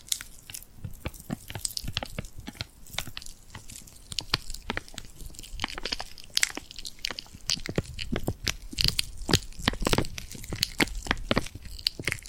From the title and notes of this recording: ASMR Tingly Glued Hand Sounds for Sleep (No Talking).